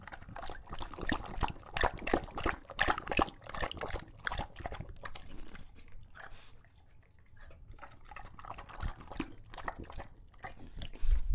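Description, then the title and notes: English Bulldog lapping water in quick wet splashy bursts, with a brief lull midway before the lapping resumes. Male English Bulldog named Lucho, a pet, drinking from a water bowl after a long walk, out of breath and breathing heavily between drinks. "English Bulldog Drinks from Water Bowl - Weird Sounds. listen to Lucho the English Bulldog as he tries to drink water after a long walk. Don't let his heavy breathing fool you in between drinks, he's equally out of breath from the walk"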